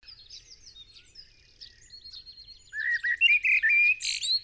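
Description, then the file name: Common blackbird: faint high twitters at first, then a common blackbird's loud fluted warble breaking into a shrill, squeaky flourish. "Turdus merula"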